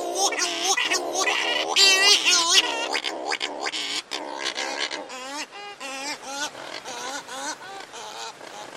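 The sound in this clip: Bird calls pour out steadily: harsh squawks, quavering nasal tones and rapid chatter, loud and overlapping throughout with brief gaps.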